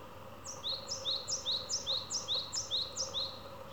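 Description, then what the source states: Japanese tit song, a brisk run of two-note phrases, high then lower, repeated seven times at a quick even pace. Tsu-pee tsu-pee song; partway through, the tone and rhythm of the voice change subtly.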